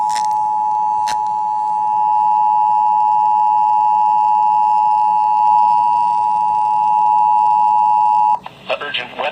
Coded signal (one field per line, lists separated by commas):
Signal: Emergency Alert System (SAME) tones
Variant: 853 and 960 Hz attention tone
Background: speech